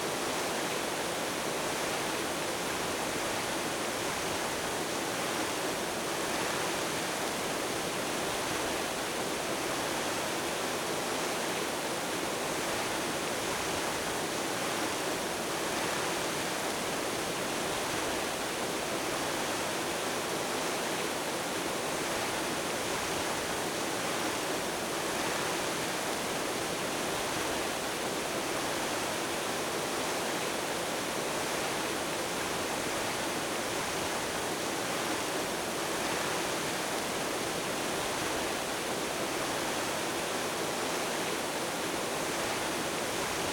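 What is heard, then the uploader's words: A large public water fountain pours and splashes in a steady, dense rush, bright, unchanging throughout with no distinct events. Large Public Water Fountain.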